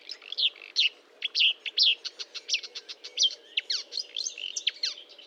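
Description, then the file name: Marsh warbler song, a continuous fast medley of nasal whistles, sharp clicks and descending slurred notes delivered without pause. Recorded at Fontaine-Française (Fourneau), 1 June 2022 at 10:55, with a Nagra recorder and Telinga microphone. "Rousserolle verderolle 20220601 1055 Fontaine-Francaise-Fourneau-Nagra-Telinga"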